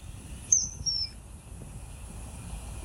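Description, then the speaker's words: Common kingfisher call: two sharp, high, thin whistles in quick succession, then quiet background hiss. Fairly sharp, striking call, played back on a phone as a tip for recognising the bird. "Luister eerst eens goed naar het geluid van een ijsvogel."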